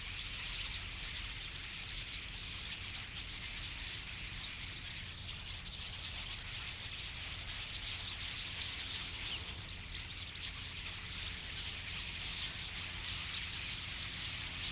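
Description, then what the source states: Common starlings chatter as a group, high squeaky and wheezy notes pouring continuously, swelling and easing slightly, over a low rumbling background. Flock singing in a tree at Boldixumstieg, Nieblum, Germany; cars in background; Zoom H3-VR ambisonic recorder, binaural stereo rendering, edited in Audacity.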